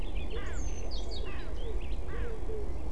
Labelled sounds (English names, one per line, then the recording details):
Eurasian Blackcap
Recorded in Germany
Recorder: ecoPi